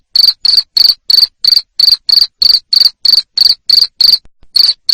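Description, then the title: Cricket giving loud, high-pitched chirps at an even quick rhythm, followed by a short pause and another chirp. Loud cricket chirping used to stimulate lovebirds into continuous singing. "Suara JANGKRIK NGERIK Keras Bikin LOVEBIRD Jadi NGEKEK Terus Vubey"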